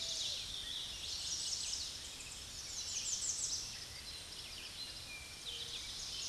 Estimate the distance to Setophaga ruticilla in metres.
about 25 m